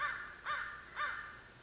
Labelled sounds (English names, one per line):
American Crow